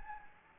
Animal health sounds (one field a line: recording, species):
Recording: mosquito wingbeat signal from an infrared sensor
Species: Anopheles gambiae